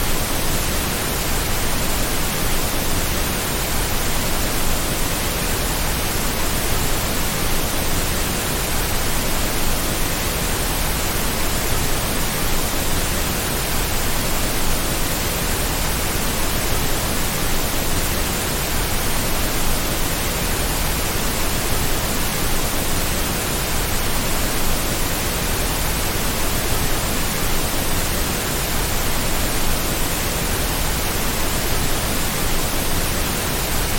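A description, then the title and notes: Pink noise plays steadily for the whole clip, a dense, even hiss that never changes in level or character. It is fuller and softer toward the low end than a thin bright static, with no events, pauses or other sounds. PINK NOISE.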